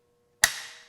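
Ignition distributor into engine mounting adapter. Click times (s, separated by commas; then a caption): 0.4 s. A Chevy HEI distributor body is pushed into its machined mounting adapter on a Mercedes V12 engine. After quiet with a faint steady hum, a single sharp metallic click at 0.4 s rings out briefly and decays. The distributor is seated, and the fit is good.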